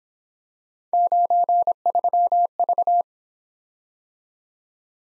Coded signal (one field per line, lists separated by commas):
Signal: Morse code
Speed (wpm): 26 wpm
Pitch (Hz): 700 Hz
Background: none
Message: 93V